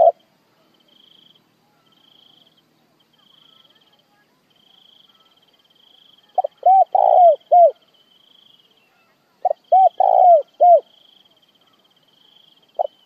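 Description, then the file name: Spotted dove: after a quiet stretch, a spotted dove delivers two cooing phrases of rapid hollow notes with a drooping last coo, about three seconds apart, over a faint high whine. Calling the flock. "Tieng cu gay goi bay"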